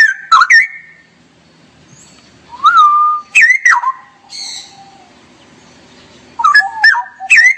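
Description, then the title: Straw-headed bulbul giving loud fluty notes and short warbles in scattered bursts, some sliding down in pitch, with pauses between bursts. Song-tutoring recording for caged birds; song style called ropel gacor. "mster Mnuk. Masteran Burung CUCAK ROWO. Cucak Rowo Ropel Gacor"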